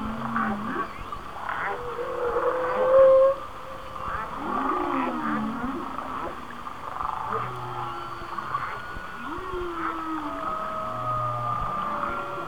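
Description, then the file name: Whale song: a series of short upswept and downswept moans repeated every few seconds, with a louder whistled note near three seconds and faint higher tones above. "Whale Songs"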